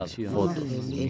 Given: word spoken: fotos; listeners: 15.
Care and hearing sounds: one Spanish word in noise, from a listening test; four-talker babble; -2.2 dB; 2 of 15; 7 of 15; 0.71 s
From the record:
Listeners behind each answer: 7, 2, 1, 1, 1, 1, 1, 1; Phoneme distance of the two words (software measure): 51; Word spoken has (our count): 2 syllables, 5 phonemes, stress on syllable 1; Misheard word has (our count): 2 syllables, 6 phonemes, stress on syllable 2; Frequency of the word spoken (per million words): 33.69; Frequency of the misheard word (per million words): 208.37

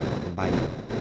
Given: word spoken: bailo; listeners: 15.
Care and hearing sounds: one Spanish word in noise, from a listening test; noise modulated by three-talker babble; -3.4 dB; 4 of 15; 6 of 15; 0.61 s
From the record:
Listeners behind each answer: 6, 4, 1, 1, 1, 1, 1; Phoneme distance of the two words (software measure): 17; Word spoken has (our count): 2 syllables, 5 phonemes, stress on syllable 1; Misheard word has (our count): 2 syllables, 4 phonemes, stress on syllable 1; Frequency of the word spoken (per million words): 0.70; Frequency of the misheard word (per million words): 44.64

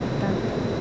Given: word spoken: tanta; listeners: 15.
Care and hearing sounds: one Spanish word in noise, from a listening test; speech-shaped noise; -4.7 dB; 1 of 15; 6 of 15; 0.41 s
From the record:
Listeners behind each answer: 6, 2, 1, 1, 1, 1, 1, 1, 1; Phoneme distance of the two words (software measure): 10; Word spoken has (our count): 2 syllables, 5 phonemes, stress on syllable 1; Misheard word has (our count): 2 syllables, 5 phonemes, stress on syllable 1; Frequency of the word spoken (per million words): 60.09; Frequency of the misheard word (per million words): 725.48

